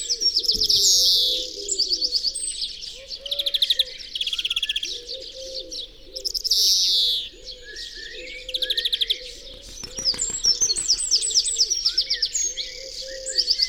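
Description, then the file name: European greenfinch with repeated twittering trills and two long nasal wheezes over a steady low hum. "Chloris chloris"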